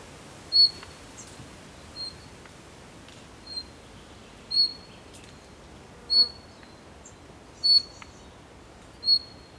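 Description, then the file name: Bird giving short high whistled notes at uneven intervals of about one to two seconds, over faint steady background hiss. "PAJAROS"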